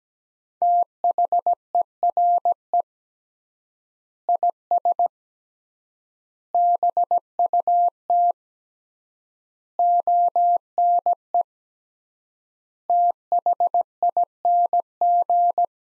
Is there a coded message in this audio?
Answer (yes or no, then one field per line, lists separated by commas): yes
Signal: Morse code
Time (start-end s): 0.6-15.6 s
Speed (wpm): 17 wpm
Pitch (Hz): 700 Hz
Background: none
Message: THERE IS BUT ONE THING